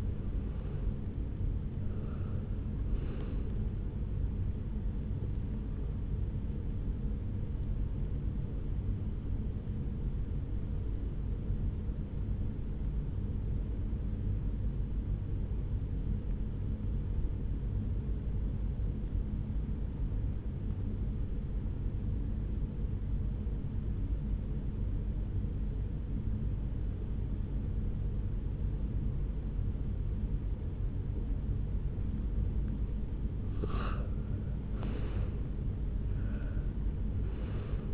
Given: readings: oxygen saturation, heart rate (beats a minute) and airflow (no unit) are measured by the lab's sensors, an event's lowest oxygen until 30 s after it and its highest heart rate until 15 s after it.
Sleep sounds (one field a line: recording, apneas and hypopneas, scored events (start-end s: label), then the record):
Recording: breathing in sleep by a smartphone at the bedside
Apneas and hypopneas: 1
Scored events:
8.00-34.00 s: hypopnea (N1, oxygen 96% highest, then 87% lowest, heart rate 62 at the start, 74 highest)
From the record:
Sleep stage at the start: N1 (lightest sleep)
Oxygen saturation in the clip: 87 to 96%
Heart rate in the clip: 58 to 75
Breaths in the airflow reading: 4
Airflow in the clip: -9.0 to 6.1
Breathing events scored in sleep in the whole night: 449 in 7.0 hours asleep